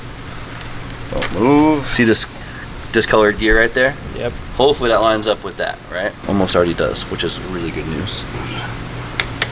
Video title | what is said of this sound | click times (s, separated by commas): Rear wheel drive CIVIC fights us on the dyno.. | perfect see that clicked right in | 9.2 s, 9.4 s